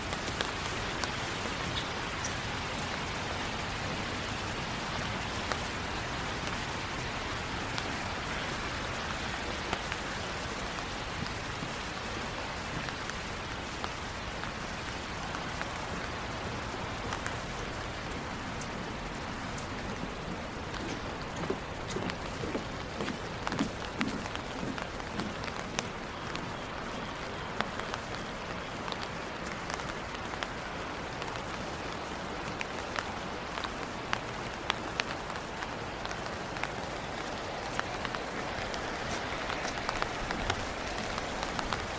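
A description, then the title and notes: Rain falls steadily throughout a walk around the neighborhood, a dense, even hiss with countless small drops pattering on surfaces. Sharper taps and splashes pop out irregularly, more often in the second half, while a faint low rumble, perhaps a passing vehicle, hums underneath. Long Walk In The Rain Around The Neighborhood.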